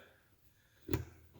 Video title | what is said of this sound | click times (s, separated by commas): Ford NP273 Transfer Case - Dodge Input Shaft Swap | And there it is. It's seated all the way now. | 0.9 s